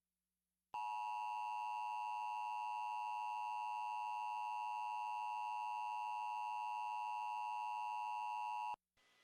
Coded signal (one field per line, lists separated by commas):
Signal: Emergency Alert System (SAME) tones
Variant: 853 and 960 Hz attention tone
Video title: Eas tornado watch #555 October 31 2013